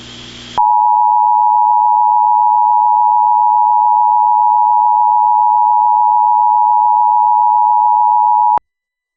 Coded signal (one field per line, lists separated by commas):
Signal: Emergency Alert System (SAME) tones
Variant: 853 and 960 Hz attention tone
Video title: EAS Mock Scenario: "Wicked Rats"